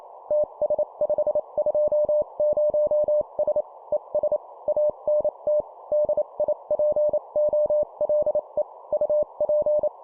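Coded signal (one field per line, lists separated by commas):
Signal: Morse code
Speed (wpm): 28 wpm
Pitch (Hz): 600 Hz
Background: none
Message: TS520S ES ANT DIPOLE UP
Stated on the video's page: Simulated example CW CQ and QSO exchange at 25 WPM.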